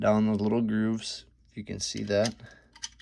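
During reassembly of a Remington 870 pump-action shotgun, a small bolt assembly piece is guided down the grooves of the action bars on the forend while someone talks. Light metallic handling ticks are heard near 2.8 and 3.0 seconds, but the piece has not seated or clicked into place yet.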